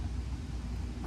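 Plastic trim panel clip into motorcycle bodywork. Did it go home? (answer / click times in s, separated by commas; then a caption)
no / none. A plastic trim panel piece is handled back into place on the bodywork of a Can-Am Canyon motorcycle while a highway bracket is being fitted. A steady low rumble of handling noise runs throughout the clip, and nothing has seated or clicked yet.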